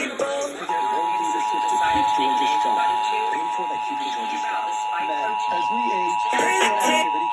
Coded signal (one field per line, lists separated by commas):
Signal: Emergency Alert System (SAME) tones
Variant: 853 and 960 Hz attention tone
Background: speech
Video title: LOTS OF TESTS| EAS #306-316